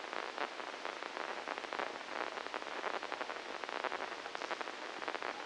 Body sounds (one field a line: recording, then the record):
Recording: brain microelectrode recording played as sound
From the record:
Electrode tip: inside the subthalamic nucleus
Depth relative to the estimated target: -3 mm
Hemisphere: left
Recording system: NeuroSet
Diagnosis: Parkinson's disease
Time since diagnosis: 9 years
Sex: female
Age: 51 years